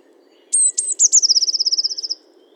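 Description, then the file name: Eurasian blue tit song: three thin, very high introductory notes, then a fast, even trill of many ringing notes lasting over a second. "Cyanistes caeruleus 311018"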